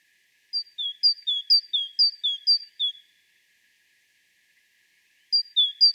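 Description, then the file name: Great tit repeating a sharp high-then-lower two-note phrase about five times, a gap of silence, then the phrase resumes. "Parus major"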